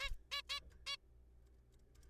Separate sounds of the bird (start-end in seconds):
0.00-0.08, 0.32-0.41, 0.49-0.59, 0.87-0.96